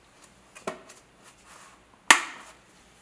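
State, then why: Seated. A robot's rear plastic shell is pressed down so its remaining holes fit over the guide pins on the core. A faint knock at 0.7 s and some soft handling rustle lead to a sharp, loud click at 2.1 s. The shell has clipped over the pins and is seated.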